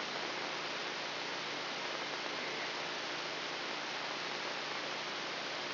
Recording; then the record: brain microelectrode recording played as sound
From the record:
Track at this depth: outside the subthalamic nucleus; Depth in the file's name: 5.505 mm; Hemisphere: left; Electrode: 3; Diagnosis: Parkinson's disease